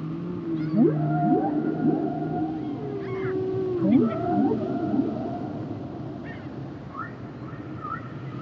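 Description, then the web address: Whale song: long tonal moans glide up and down, mixed with sharp rising sweeps and scattered higher squeals, all layered over a low rumble. "Whale Songs Whales and Dolphins - whale nature sounds songs"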